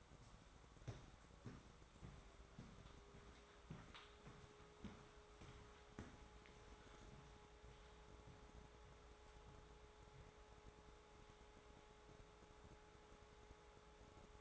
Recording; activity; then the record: daily activity, microphone in the room; walk to room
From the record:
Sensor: 3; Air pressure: 1010.4 hPa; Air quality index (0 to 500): 165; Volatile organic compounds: 9 ppm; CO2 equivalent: 2164 ppm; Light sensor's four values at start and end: 45/110/49/55 and 47/117/52/58